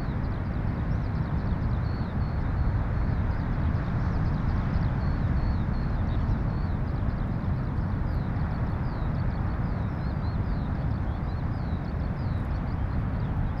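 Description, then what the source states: Eurasian skylark song, a thin run of high chirps and slurred notes that carries on throughout, nearly buried under a steady, heavy roar of surf. Skylarks, more than one, north of Bude, Cornwall, with distant thundering surf.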